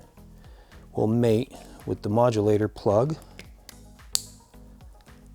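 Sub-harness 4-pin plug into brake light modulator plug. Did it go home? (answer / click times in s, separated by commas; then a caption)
yes / 4.1 s. The 4-conductor plug of a vehicle-specific sub-harness is pushed into the plastic plug of a brake light modulator on a Honda CB650F / CBR650F, with background music and someone talking at first. After the talking stops, a sharp, bright click at 4.2 s marks the connector seating, confirming it is engaged.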